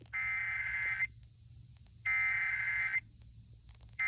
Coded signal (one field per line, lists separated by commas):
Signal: Emergency Alert System (SAME) tones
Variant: header bursts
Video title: Tennessee’s RMT on 107.5 WRVW-FM (EAS #111)